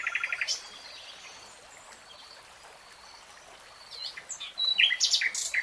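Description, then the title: Nightingale: songbird phrases: a brief quick trill at the start, a long quiet stretch with a soft hiss like running water, then scattered high chirps and whistles. Nightingale singing in real time, in a 3-hour recording. "[Tiếng chim hót] 3 Hours REALTIME Nightingale Singing"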